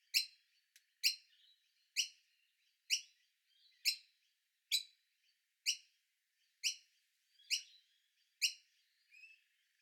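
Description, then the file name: Noisy miner chick begging with sharp, high, strident calls about once a second, ten in a row, each note quickly fading. Chick begging to be fed. "Noisy Miner Chick Feedme"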